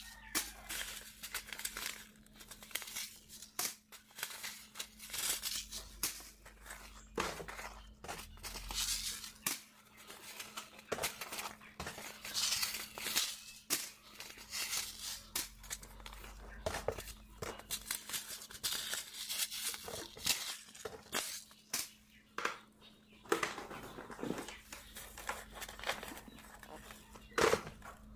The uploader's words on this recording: Sorting Seed packets. Sorting packets of seeds.